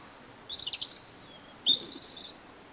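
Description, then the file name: European robin uttering high, thin warbled notes in two short bursts, the second louder and more twittering, over a quiet background. "Erithacus rubecula"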